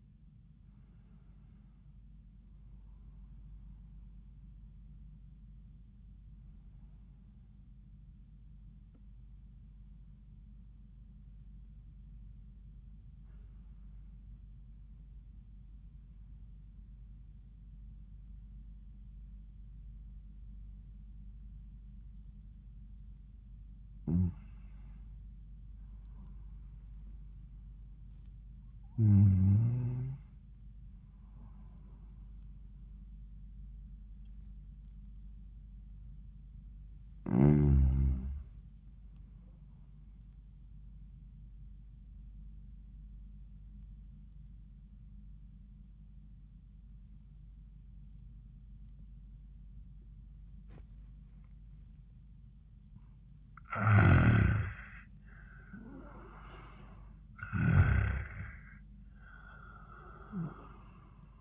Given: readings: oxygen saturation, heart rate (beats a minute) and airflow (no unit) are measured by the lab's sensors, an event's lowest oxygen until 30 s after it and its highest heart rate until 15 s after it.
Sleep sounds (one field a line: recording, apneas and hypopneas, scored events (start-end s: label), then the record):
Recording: breathing in sleep by a smartphone at the bedside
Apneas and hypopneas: 2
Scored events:
11.00-27.60 s: hypopnea (N1, oxygen 96% highest, then 91% lowest, heart rate 86 at the start, 90 highest)
43.00-55.90 s: obstructive apnea (N1, oxygen 94% highest, then 87% lowest, heart rate 81 at the start, 91 highest)
From the record:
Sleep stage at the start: N1 (lightest sleep)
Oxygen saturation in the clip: 90 to 96%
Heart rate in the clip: 81 to 91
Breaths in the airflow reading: 8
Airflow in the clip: -18.1 to 15.6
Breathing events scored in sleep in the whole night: 400 in 8.7 hours asleep